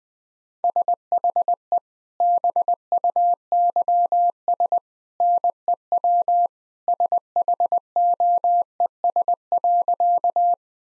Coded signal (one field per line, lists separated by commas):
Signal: Morse code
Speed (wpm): 20 wpm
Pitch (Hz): 700 Hz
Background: none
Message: SHE BUYS NEW SHOES.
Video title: Easy Sentences with Hints - 20wpm